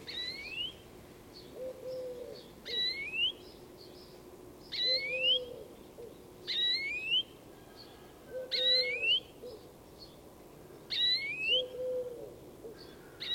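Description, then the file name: European greenfinch calls, rising whistled notes sweeping upward, repeated about every two to three seconds, with a low steady hooting note sounding in between. "Chloris chloris"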